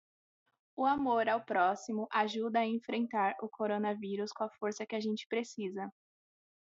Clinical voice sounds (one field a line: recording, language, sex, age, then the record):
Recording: spoken sentence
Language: Brazilian Portuguese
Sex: female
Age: 20 to 29 years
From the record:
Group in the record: control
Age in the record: 21 years